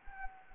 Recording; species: mosquito wingbeat signal from an infrared sensor; Anopheles gambiae